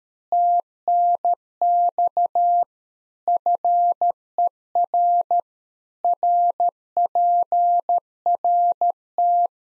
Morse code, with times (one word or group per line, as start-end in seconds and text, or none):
0.3-2.6 TNX
3.3-5.4 FER
6.0-9.5 RPRT